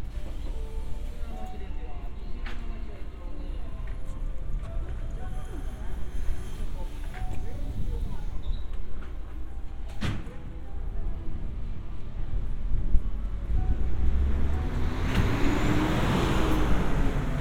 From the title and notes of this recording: 3D AUDIO Walking in Funabashi, Chiba,Japan. Let's take a walk together around Funabashi station, Chiba. Binaural audio.